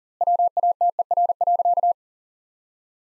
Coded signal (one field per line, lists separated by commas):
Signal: Morse code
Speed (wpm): 37 wpm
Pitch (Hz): 700 Hz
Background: none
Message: WATER.